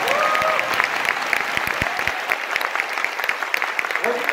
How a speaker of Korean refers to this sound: 이 정도면 박수 한번 쳐주셔야 됩니다.